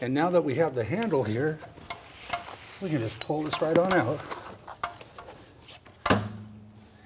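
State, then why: Seated. Someone talks while the side levers on a Metro IQ Reformer exercise machine are opened and the extension section of its metal frame is pulled out, with scraping and knocks along the way. A sharp click at 6.1 s marks the frame extension latch seating in place, followed by a low ringing hum.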